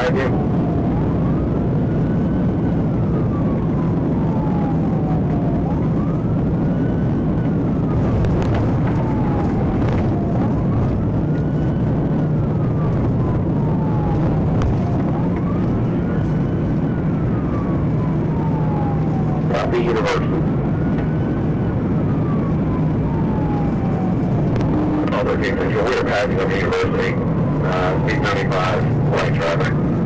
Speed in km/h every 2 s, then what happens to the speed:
174, 172, 171, 166, 163, 158, 155, 158, 155, 155, 158, 159, 159, 155, 148.
0-11 slows to 155. 11-24 steady at about 158. 24-30 slows to 148.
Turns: none.